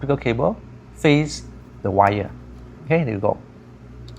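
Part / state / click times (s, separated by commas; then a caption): optical fibre cable plug into CarPlay module harness socket / not seated / none. A green optical fibre cable plug is being pushed into its socket on the wiring harness of a wireless CarPlay module for a BMW F30 with NBT, with the plug oriented toward the wire. Someone talks throughout over a low background hum. Nothing has seated or clicked yet by the end of the clip.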